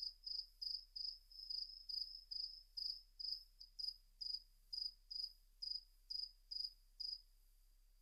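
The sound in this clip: Cricket chirping, short pulsed chirps at a steady high pitch, repeated rapidly with brief gaps, no other sounds.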